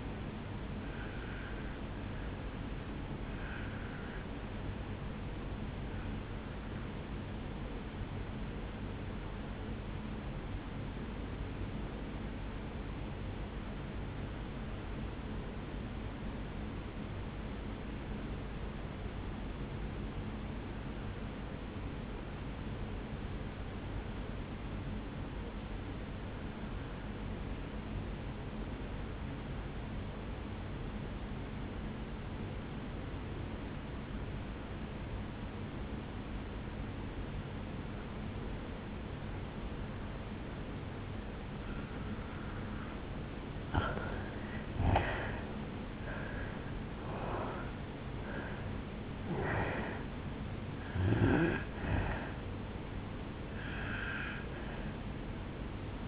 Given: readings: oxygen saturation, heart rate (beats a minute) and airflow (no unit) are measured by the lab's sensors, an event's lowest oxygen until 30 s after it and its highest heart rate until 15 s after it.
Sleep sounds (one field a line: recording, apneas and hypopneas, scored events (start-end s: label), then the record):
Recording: breathing in sleep by a voice recorder at the bedside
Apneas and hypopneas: 1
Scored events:
8.00-45.50 s: obstructive apnea (N1, oxygen 97% highest, then 82% lowest, heart rate 60 at the start, 74 highest)
28.00-56.08 s: new sleep stage, N2 (light sleep)
From the record:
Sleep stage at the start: N1 (lightest sleep)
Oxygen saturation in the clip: 83 to 97%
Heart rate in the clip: 56 to 74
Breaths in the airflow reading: 4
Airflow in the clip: -9.3 to 6.9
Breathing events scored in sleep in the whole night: 449 in 7.0 hours asleep